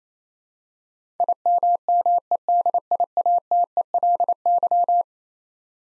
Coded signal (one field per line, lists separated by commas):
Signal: Morse code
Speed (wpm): 27 wpm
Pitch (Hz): 700 Hz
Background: none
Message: IMMEDIATELY